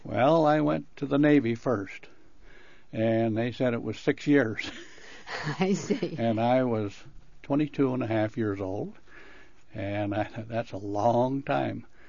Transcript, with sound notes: Well, I went to the Navy first, and they said it was six years [laughs]
[Laughs] I see!
And I was twenty-two and a half years old, and that's a long time!